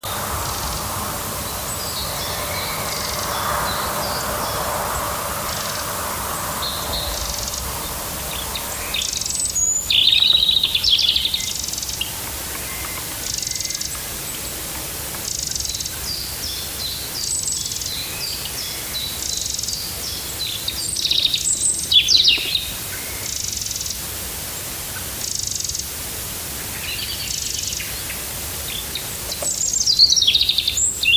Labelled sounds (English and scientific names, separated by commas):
Eurasian Wren (Troglodytes troglodytes) call